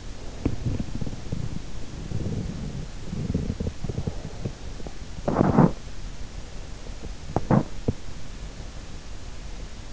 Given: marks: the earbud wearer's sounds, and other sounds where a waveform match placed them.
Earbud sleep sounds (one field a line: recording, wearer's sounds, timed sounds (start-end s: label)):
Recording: sounds in sleep by an in-ear microphone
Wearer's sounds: teeth grinding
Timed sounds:
0.00-6.00 s: teeth grinding
7.09-8.69 s: teeth grinding